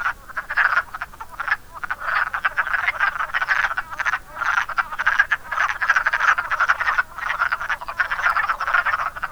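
A wood frog chorus: many rattling, duck-like clucks running together in thick, uneven waves, hardly pausing from start to end.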